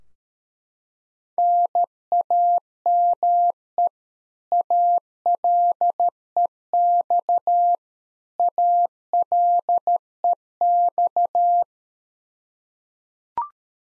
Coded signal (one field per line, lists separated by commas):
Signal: Morse code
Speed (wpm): 13 wpm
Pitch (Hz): 700 Hz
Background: none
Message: NAME ALEX ALEX